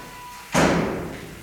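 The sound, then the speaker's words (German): A door is shut by a person behind them as they leave, a single solid thud after a quiet moment, the broad impact fading slowly over the next second with no voices. “Ich habe kurz den Hut vom Kopf genommen und ihr alles Gute gewünscht, bevor ich die Tür hinter mir schloss.”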